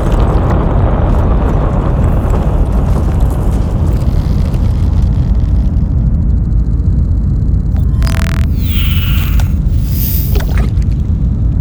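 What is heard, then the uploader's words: A dense, steady low rumble fills the whole clip, like a huge machine or ship interior roaring. Faint rapid ticking creeps in around six seconds, then bright hissing bursts flare near eight and ten seconds, one sliding downward in pitch. District 10 - Mothership Sound Effects.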